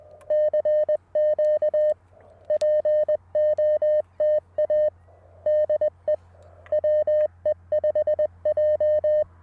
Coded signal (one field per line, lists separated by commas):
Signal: Morse code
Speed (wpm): 20 wpm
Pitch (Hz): 610 Hz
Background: music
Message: CQ POTA DE WE5J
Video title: Budget CW Ep. #2 - MTR4B, CW Morse, and 17' Whip at the Beach!